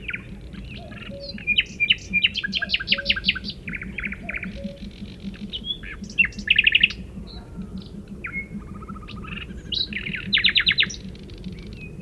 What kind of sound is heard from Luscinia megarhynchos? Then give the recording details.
song. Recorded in the wild. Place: Retgendorf, Mecklenburg-Vorpommern, DE. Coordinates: 53.729, 11.504. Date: 1972-06-13 21:00. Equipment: Nagra III BH, Sennheiser MD 21, parabola. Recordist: Schubert, Michael